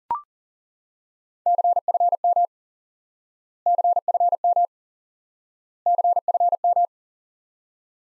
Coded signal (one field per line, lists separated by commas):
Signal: Morse code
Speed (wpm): 37 wpm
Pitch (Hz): 700 Hz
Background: none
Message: CFM CFM CFM